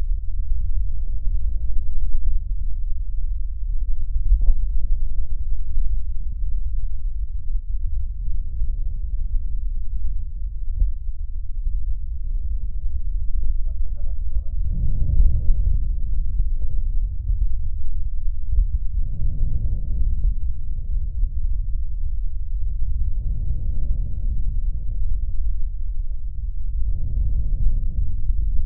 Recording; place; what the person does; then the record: lung sounds by stethoscope; left posterior apical chest; quiet breathing, then deep breathing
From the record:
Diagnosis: pulmonary infection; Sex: male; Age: 74 years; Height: 171 cm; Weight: 80 kg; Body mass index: 27.4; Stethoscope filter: extended mode